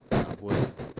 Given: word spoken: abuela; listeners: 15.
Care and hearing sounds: one Spanish word in noise, from a listening test; noise modulated by one talker; -9.1 dB; 2 of 15; 9 of 15; 0.60 s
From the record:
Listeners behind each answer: 9, 2, 2, 1, 1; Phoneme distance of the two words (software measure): 10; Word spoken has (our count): 3 syllables, 6 phonemes, stress on syllable 2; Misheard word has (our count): 3 syllables, 6 phonemes, stress on syllable 2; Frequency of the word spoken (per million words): 41.55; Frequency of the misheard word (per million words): 31.73

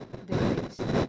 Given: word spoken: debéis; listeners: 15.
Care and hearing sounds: one Spanish word in noise, from a listening test; noise modulated by one talker; -9.3 dB; 0 of 15; 6 of 15; 0.69 s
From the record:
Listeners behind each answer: 6, 2, 1, 1, 1, 1, 1, 1, 1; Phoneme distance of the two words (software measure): 7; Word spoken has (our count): 2 syllables, 6 phonemes, stress on syllable 2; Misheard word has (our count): 2 syllables, 5 phonemes, stress on syllable 1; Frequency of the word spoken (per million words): 1.59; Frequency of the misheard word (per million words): 14.36

